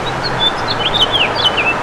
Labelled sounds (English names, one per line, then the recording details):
House Finch song
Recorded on Long Island, New York, on 2 June 2012
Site CP
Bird D